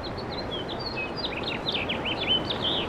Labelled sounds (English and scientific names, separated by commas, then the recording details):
House Finch (Haemorhous mexicanus) song
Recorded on Long Island, New York, on 18 April 2012
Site GC
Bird C